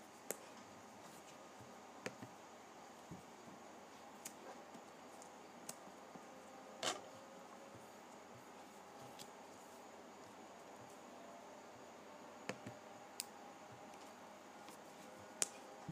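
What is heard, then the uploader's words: Pages of a paper pad being flipped, heard as sparse, crisp ticks and snaps at irregular moments over a steady low hiss. The strongest flick lands near the middle, a few more cluster toward the end, and there are quiet gaps between them. Flipping Through a Pad of Paper.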